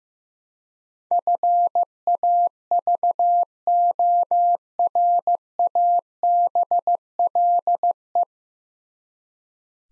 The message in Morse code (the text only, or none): FAVORABLE